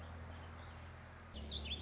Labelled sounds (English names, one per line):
Warbling Vireo